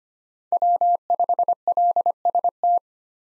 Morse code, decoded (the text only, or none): W5LST